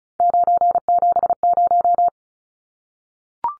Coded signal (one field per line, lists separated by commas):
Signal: Morse code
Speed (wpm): 34 wpm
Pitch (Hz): 700 Hz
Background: none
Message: 970